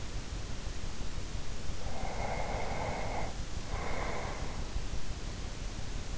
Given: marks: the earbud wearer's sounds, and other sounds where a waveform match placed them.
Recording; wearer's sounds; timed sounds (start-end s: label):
sounds in sleep by an in-ear microphone; breath
1.80-4.74 s: breath